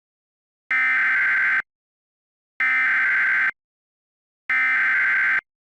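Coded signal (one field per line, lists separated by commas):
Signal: Emergency Alert System (SAME) tones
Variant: header bursts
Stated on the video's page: Fictional Halloween EAS short made for a daily series.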